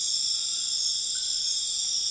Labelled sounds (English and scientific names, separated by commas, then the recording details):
none
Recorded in dense forest near Puerto Asís, Putumayo, Colombia, on 4 March 2025 at 02:30
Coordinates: 0.481, -76.323
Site G088